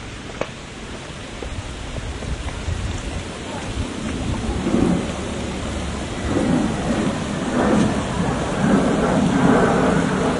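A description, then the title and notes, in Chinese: Afternoon ambience on a mountain path: a steady rain-like hiss and low rumble, a sharp tap early on, growing louder with faint murmurs. 3D录音 山涧泉水。前两天的下午跑到学校后面的岳麓山小路上录的。估计因为是傍晚了，没什么鸟叫。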